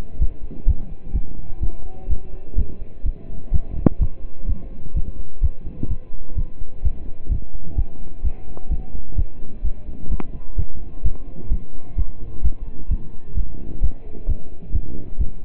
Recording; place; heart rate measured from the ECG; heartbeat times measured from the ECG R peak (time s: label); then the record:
heart sounds by stethoscope; between the tricuspid and mitral areas; 128 bpm
0.21 s: heartbeat
0.67 s: heartbeat
1.14 s: heartbeat
1.62 s: heartbeat
2.10 s: heartbeat
2.57 s: heartbeat
3.05 s: heartbeat
3.53 s: heartbeat
4.01 s: heartbeat
4.48 s: heartbeat
4.96 s: heartbeat
5.43 s: heartbeat
5.90 s: heartbeat
6.37 s: heartbeat
6.84 s: heartbeat
7.31 s: heartbeat
7.77 s: heartbeat
8.24 s: heartbeat
8.71 s: heartbeat
9.17 s: heartbeat
9.64 s: heartbeat
10.11 s: heartbeat
10.58 s: heartbeat
11.04 s: heartbeat
11.51 s: heartbeat
11.98 s: heartbeat
12.44 s: heartbeat
12.90 s: heartbeat
13.37 s: heartbeat
13.82 s: heartbeat
14.28 s: heartbeat
14.74 s: heartbeat
15.20 s: heartbeat
From the record:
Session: pedaling a stationary bicycle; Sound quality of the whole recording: partially saturated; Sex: male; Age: 27 years